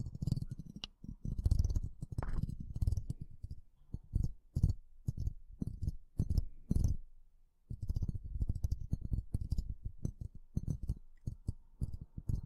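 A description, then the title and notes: Hands slowly grab and rub the microphone, producing deep, muffled thumps and crackling rustles in a dense, uneven stream. Brief clicks and scratches flicker over the low rumble, with a short pause just past the middle before the handling resumes. TimASMR- strong ear attention Grab the microphone slowly. (no talking).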